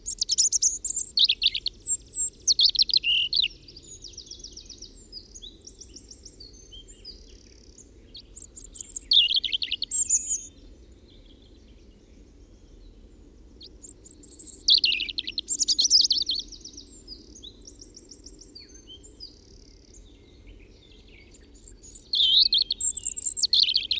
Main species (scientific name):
Erithacus rubecula